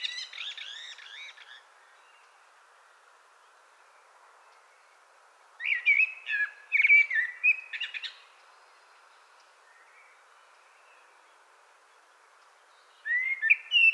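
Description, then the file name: Common blackbird singing three separate phrases of mellow whistled notes and thin, scratchy twitters, with several seconds of quiet between them. "Turdus merula"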